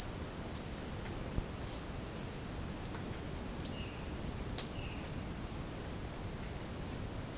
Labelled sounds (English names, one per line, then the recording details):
Silvered Antbird
Violaceous Jay
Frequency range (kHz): Silvered Antbird 3.8-6.1 kHz; Violaceous Jay 2.2-3.5 kHz
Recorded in secondary vegetation near Puerto Asís, Putumayo, Colombia, on 21 February 2024 at 07:30
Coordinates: 0.472, -76.331
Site G6371